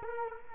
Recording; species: mosquito wingbeat signal from an infrared sensor; Culex quinquefasciatus